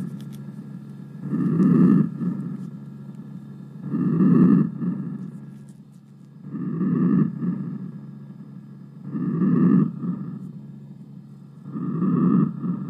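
Bronchovesicular breathing from a breath sound simulator, about 23 breaths per minute, with inspiratory and expiratory phases of similar length and intensity.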